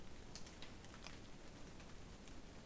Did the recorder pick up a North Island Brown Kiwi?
no